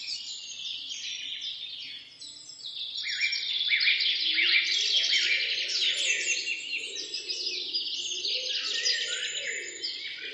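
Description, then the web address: Birds calling together, a busy mix of high chirps, trills and twitters that swells after a brief lull. "hobokenchicken kira. birds"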